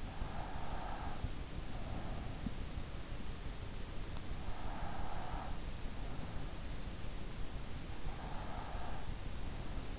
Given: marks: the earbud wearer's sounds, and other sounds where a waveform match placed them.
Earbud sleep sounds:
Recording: sounds in sleep by an in-ear microphone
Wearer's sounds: breath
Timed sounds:
0.00-3.14 s: breath
4.40-6.40 s: breath
8.06-9.94 s: breath

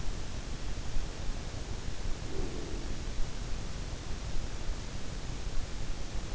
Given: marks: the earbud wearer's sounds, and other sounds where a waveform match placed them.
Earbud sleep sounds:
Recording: sounds in sleep by an in-ear microphone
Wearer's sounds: breath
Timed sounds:
1.68-3.78 s: breath

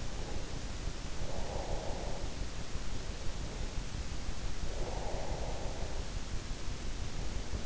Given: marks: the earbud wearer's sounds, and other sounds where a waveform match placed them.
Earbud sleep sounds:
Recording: sounds in sleep by an in-ear microphone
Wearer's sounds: breath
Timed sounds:
1.24-2.53 s: breath
4.50-6.21 s: breath

